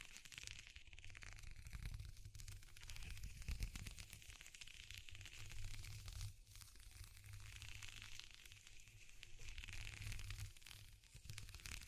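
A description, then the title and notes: Fingers scratch and rub across textured surfaces in a dense, continuous stream of fine crackling and rustling, bright and gritty throughout. A steady low hum sits underneath, and the scratching briefly eases around six seconds and again near eleven. ASMR Exploring Textures (No Talking).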